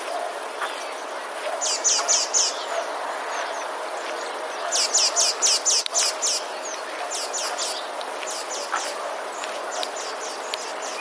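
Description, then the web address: Eurasian blue tit song, bursts of rapid high repeated notes in short trilling series, recurring every few seconds over steady rumbling background noise. "spiew modraszkoteka"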